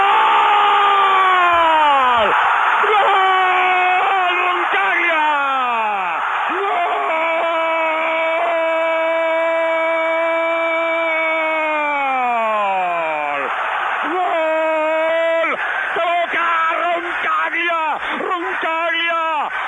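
An announcer's excited goal call on Radio Nacional Argentina for Facundo Roncaglia's headed goal, Boca 1, Corinthians 0, at 27 and a half minutes: a long sustained shout that slides and holds one pitch for seconds, then bursts of rapid yelling over a roaring, cheering crowd.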